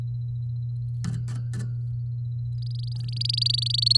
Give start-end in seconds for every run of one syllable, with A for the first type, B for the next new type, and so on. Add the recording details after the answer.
2.55-3.97 A. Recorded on 8 May 2018 at 14:50. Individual llb16